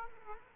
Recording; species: mosquito wingbeat signal from an infrared sensor; Aedes aegypti